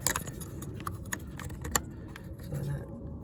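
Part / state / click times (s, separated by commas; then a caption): wiring harness connector into ignition coil pack / seated / 1.8 s. A plastic wiring harness connector is pushed onto rear ignition coil pack #2 on a 2005–2010 Honda Odyssey during spark plug replacement. Several short plastic ticks and rattles come before a sharp click at 1.8 s as the connector seats.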